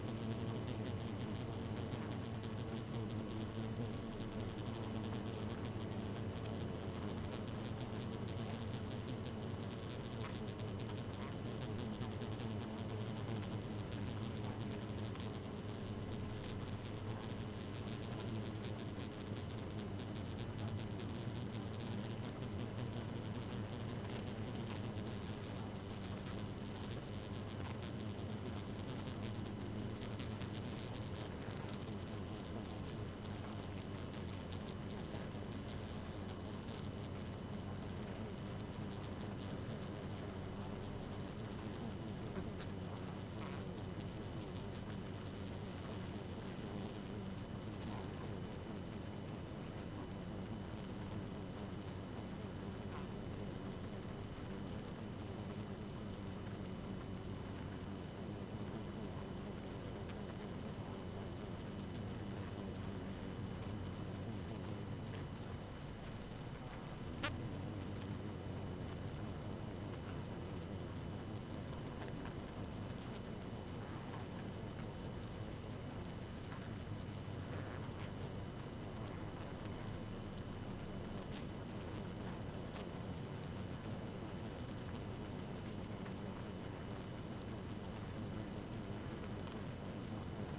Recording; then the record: honeybee colony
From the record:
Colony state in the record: active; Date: 12 June 2018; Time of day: 1:15